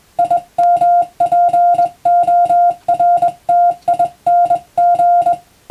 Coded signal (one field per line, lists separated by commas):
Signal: Morse code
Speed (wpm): 21 wpm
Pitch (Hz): 700 Hz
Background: music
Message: IMPORTING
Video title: クリスマスにモールス！令和の今でも行われているモールスの国家試験は無線通信の原点です。アマチュア無線ハムの受信練習にどうぞ(morse code practice radio operator )